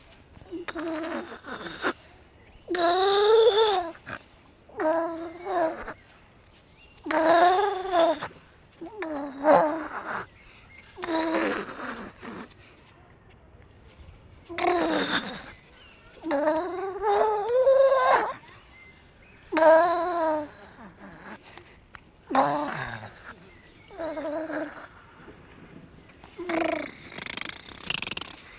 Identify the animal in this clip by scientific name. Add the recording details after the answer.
Halichoerus grypus. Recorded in captivity. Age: juvenile. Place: Zoo Rostock, Mecklenburg-Vorpommern, DE. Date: 1966-05-24 14:30. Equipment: Uher 4200 Report Monitor, Sennheiser MD 421, Transistorverstärker 2. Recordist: Tembrock, Günter